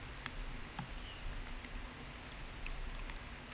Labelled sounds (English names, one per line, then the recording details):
none
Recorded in pastures near Puerto Asís, Putumayo, Colombia, on 21 December 2024 at 10:30
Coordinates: 0.486, -76.323
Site GP01